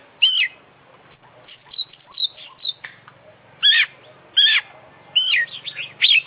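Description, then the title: Oriental magpie-robin song: loud, rich whistled phrases that sweep up and down, given in separate bursts, with quieter chattering notes between. Captive kacer of the Indonesian songbird-hobby (kicau mania) scene, an international contest champion, singing continuously (gacor) with full isian (fill-in song material), used for training. "Kicau Mania - Full Isian Juara Internasional Burung KACER Gacor"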